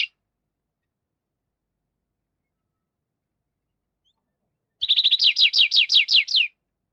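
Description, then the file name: Tree Pipit song: after a long silence, a quick series of repeated slurred notes lasting under two seconds. "Animal Tree Pipit"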